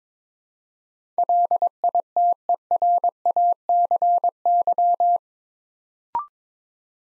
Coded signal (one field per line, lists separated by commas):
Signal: Morse code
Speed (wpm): 22 wpm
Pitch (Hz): 700 Hz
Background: none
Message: LITERACY